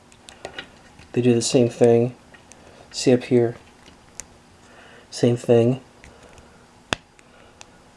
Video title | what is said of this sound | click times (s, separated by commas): Ridley Amiibo Unboxed and(hand self changed mobile movement) (Super Smash Bros. Ultimate) | you hear that click sound so that's how i was able to | 6.9 s